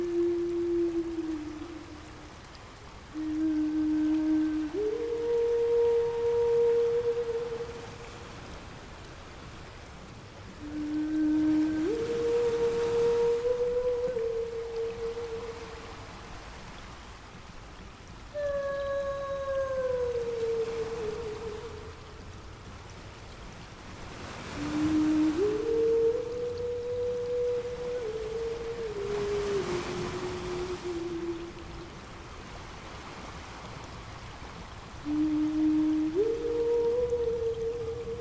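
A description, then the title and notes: A mermaid sings wordless phrases of long, held notes that step upward and slide back down, each phrase lasting several seconds with short pauses between. A steady ocean wash rushes underneath throughout, swelling slightly at times. Mermaid singing, crashing waves, ocean ambience.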